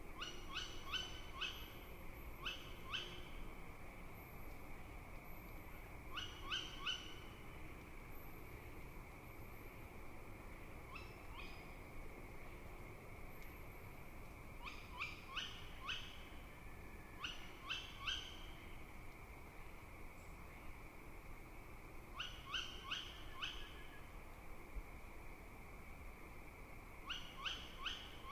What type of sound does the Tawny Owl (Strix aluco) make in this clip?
call